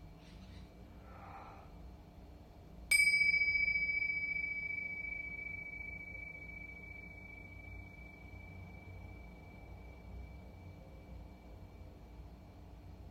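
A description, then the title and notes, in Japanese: A Tibetan singing bowl is struck once near three seconds, its bright ringing tone slowly fading over a low steady background hum. チベタンシンギングボウルサウンドヒーリング。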